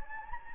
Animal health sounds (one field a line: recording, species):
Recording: mosquito wingbeat signal from an infrared sensor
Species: Anopheles gambiae